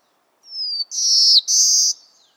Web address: Black-throated Blue